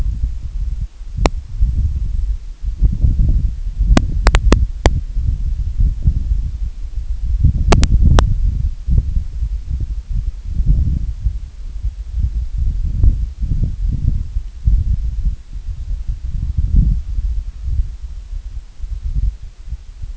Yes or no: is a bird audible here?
no